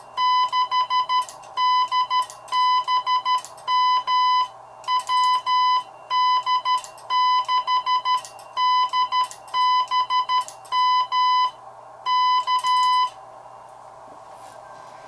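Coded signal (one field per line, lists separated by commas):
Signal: Morse code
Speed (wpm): 13 wpm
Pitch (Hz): 1000 Hz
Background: none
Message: 6DBM WD6DBM K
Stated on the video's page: Straight Key Night CQ call sent with a mechanical semi-automatic bug on a modified vintage Heathkit HW-16.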